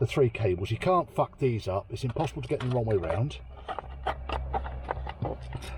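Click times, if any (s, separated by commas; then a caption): 4.9 s. Someone talks, then the first of three multi-pin wiring connectors is pushed into the UCH under-dash body control unit of a 2002 Clio with indicators stuck on. Small clicks and handling noises follow, and the connector clicks into place at 4.9 s, seated.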